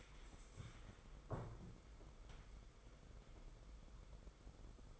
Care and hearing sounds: daily activity, microphone in the room; stand up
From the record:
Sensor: 5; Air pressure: 990.6 hPa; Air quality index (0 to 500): 149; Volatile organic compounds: 157 ppm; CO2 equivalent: 4051 ppm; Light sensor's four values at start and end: 46/139/53/57 and 46/138/53/57

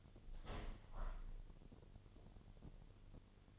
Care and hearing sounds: daily activity, microphone in the room; open window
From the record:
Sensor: 4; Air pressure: 1007.3 hPa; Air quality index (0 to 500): 188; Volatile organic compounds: 6 ppm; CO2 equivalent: 1868 ppm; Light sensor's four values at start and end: 23/73/28/27 and 23/73/28/27

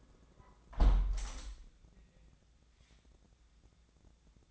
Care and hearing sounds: daily activity, microphone in the room; close window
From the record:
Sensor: 3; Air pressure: 1012.2 hPa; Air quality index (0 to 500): 138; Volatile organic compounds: 2 ppm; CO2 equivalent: 1070 ppm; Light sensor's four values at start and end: 277/677/282/277 and 278/678/282/276

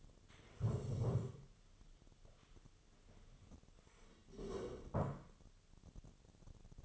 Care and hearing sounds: daily activity, microphone in the room; stand up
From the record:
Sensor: 4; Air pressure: 1016.1 hPa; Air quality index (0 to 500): 178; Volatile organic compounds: 7 ppm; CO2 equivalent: 2031 ppm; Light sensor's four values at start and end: 9/20/8/7 and 9/20/8/7

